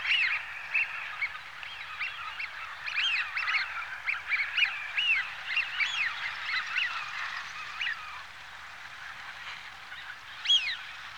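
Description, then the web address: Eurasian wigeons in a large calling flock, a steady wash of overlapping short whistled notes, easing slightly near the end before one loud whistle. "BBC Sound Effects Library. Wigeon (Anas Penelope)"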